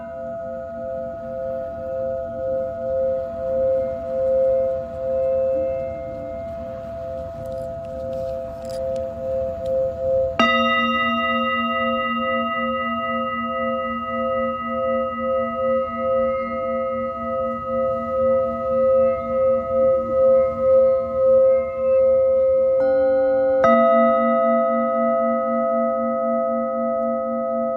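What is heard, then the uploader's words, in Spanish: A Tibetan singing bowl hums with a steady, pulsing ring, its tones wavering slowly in volume. Fresh strikes land around ten seconds and again near twenty-three seconds, each bringing a brighter, louder onset before settling back into the long sustained shimmer. Cuenco tibetano desde Caribe Mexicano.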